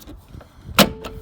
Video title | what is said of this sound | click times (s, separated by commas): How to remove and replace the upper brake stop light unit on a Vauxhall Opel Zafira b | just push it in like that, and that is it. Wait for the click, and | 0.8 s